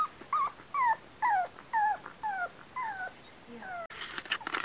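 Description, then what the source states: Dog yipping in downward-slurring whines about every half second, ending in a short noisy burst. A dog named Astro.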